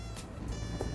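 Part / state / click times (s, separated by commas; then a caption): plastic side vent into bumper / not seated / none. A plastic bottom side vent with four clips per side is lined up against a Dodge Challenger bumper and handled into position, with a soft handling bump near 0.8 s over steady background noise. Nothing has seated or clicked yet.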